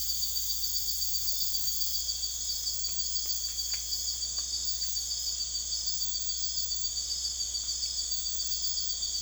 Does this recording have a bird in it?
no